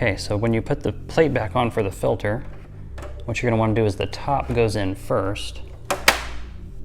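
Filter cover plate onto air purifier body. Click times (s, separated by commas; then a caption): 5.9 s, 6.1 s. Someone talks while putting the filter cover plate back onto a Mila air purifier, top edge first, and the magnets in the bottom pull it shut. Two loud knocks are heard at 5.9 s and 6.1 s as the plate seats and shuts itself back into place rather than clicking.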